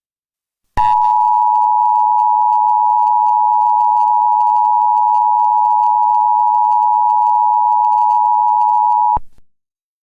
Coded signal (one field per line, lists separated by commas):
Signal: Emergency Alert System (SAME) tones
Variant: 853 and 960 Hz attention tone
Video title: EAS Mock #1 | EAS Fail